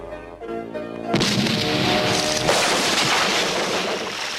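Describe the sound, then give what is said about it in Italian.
A sustained tone gives way to a loud boom from the Gianicolo cannon, fired at exactly noon as the start signal for a rowing race in a Fantozzi film. A second blast hits, and a broad rumbling roar stays loud to the end. “Il segnale della partenza avrebbe dato a mezzogiorno in punto il cannone del Gianicolo.”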